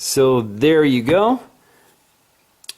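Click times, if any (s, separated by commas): 2.6 s, 2.7 s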